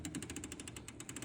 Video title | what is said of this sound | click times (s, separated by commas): Installing our car seat | and it's locked there | 0.1 s, 0.2 s, 0.4 s